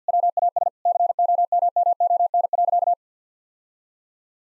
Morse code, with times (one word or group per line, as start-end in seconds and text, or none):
0.1-0.7 WAS
0.9-2.9 COMMON.